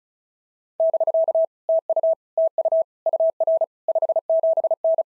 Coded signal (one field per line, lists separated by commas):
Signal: Morse code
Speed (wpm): 33 wpm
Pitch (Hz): 650 Hz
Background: none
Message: <BK> TU TU UR 57N